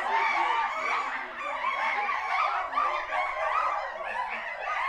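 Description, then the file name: Chimpanzees give a dense, overlapping chorus of harsh screams that continue without pause, rising and falling in loudness. Several agitated chimpanzees calling. "Mad Chimpanzees"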